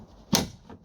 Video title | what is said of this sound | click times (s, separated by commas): B5 and B5.5 Passat door leak. Wet floors/carpets. Water ingress. Identified and Fixed. | click in beautiful | 0.4 s